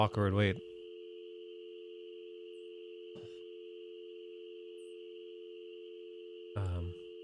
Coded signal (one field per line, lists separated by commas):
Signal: telephone call progress tone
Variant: North America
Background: speech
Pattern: dial tone